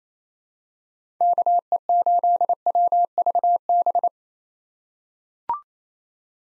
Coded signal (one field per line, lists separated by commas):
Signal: Morse code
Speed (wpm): 28 wpm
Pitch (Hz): 700 Hz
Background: none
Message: KE8WVB